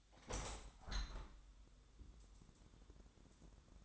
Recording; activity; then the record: daily activity, microphone in the room; open window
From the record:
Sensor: 3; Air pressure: 1000.5 hPa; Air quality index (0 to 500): 134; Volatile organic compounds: 2 ppm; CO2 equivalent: 1170 ppm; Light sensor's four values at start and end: 13/36/14/16 and 14/37/15/16